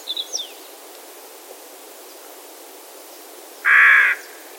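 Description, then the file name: Carrion Crow giving a single harsh, hoarse caw near the end, after a few faint high chirps from a small bird at the start. "Corvus corone"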